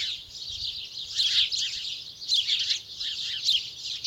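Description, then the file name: House sparrows chirping together, with a ragged chorus of short calls and a few louder chirps standing out near the middle and end. "Passer domesticus"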